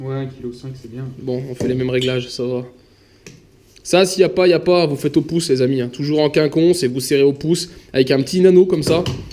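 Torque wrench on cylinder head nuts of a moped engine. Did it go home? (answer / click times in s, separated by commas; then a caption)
yes / 3.3 s. A torque wrench set to 1.5 kgm tightens the cylinder head nuts on a 103 moped engine fitted with a 70cc Airsal kit, while someone talks before and after. A single sharp click sounds at 3.3 s as the wrench reaches its set torque.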